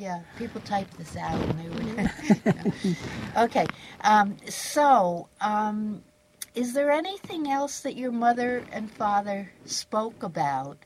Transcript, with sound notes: Yeah, people type this out and they would. (both laugh) OK. So, is there anything else that your mother and father spoke about,